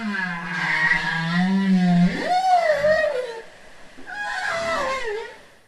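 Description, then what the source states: Bowhead whale song: a long, low, harmonic moan that sweeps sharply upward into a higher wavering tone and falls again, followed by a second descending rubbery phrase. Song described as rubbery; recorded by underwater acoustic recorders off Gambell and in the Bering Strait.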